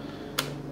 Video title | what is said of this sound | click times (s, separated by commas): Apple 13" Aluminum Macbook Review | last thing is just a magsafe power adapter which is magnetic pops right in and pulls right out | 0.4 s